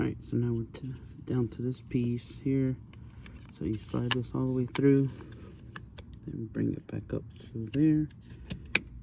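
While someone talks, a window switch assembly piece from a 2009–2014 Ford F-150 rear window repair is slid all the way through, brought back up through the opening and pressed into the door trim panel, with a few faint taps around 5.8 to 6.1 s. A sharp click at 8.8 s signals that the piece has seated home.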